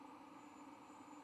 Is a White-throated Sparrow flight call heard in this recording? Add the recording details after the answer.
no. No flight call is heard. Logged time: 21:55 on 23 November 2014